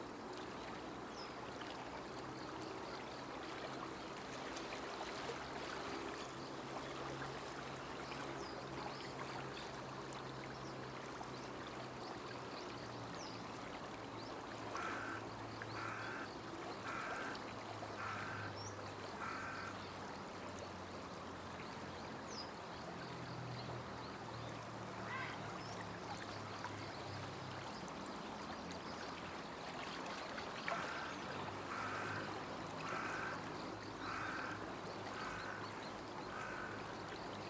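A river rushes steadily under a low hum, with runs of repeated bird chirps near 15 and 31 seconds.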